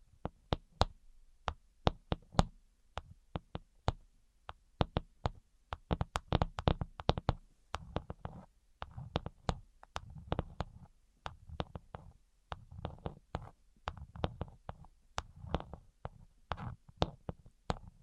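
Tapping in quick, irregular bursts, each tap a sharp click with a dull low thump beneath it. The taps come in clusters, densest around the middle, with short pauses between groups. A faint low hum sits underneath throughout.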